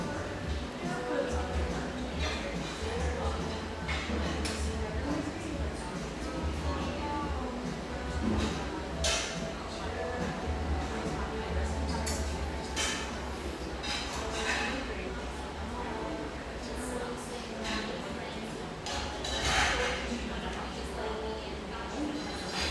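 A Portland neighborhood espresso shop hums with steady, overlapping chatter and a constant low rumble underneath. Short bright clinks and clatters of cups and utensils pop up every few seconds, with a sharper cluster of them near the twenty-second mark.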